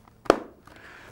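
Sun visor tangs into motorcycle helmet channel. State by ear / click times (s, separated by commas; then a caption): seated / 0.3 s. The plastic tangs of a sun visor are pushed down into their channel inside a Caberg Avalon motorcycle helmet, with faint ticks around it. A loud, sharp click at 0.3 s marks the tangs seating in the channel.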